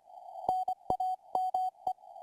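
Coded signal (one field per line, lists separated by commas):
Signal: Morse code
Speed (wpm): 24 wpm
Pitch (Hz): 740 Hz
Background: none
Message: NAME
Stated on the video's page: Morse code received on an SDR.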